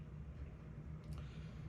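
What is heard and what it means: A metal screw is tightened into a plastic mount on an FMS CJ-6 V2 RC foam airplane, with a low steady hum underneath. Two short clicks at 1.1 and 1.2 seconds mark the screw being over-tightened until it strips the plastic.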